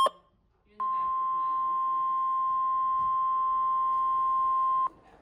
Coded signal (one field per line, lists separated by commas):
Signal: Emergency Alert System (SAME) tones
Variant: 1050 Hz attention tone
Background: speech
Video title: NOAA/EAS tornado watch for wisconsin